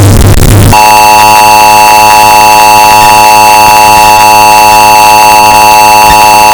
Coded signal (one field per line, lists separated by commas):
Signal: Emergency Alert System (SAME) tones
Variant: 853 and 960 Hz attention tone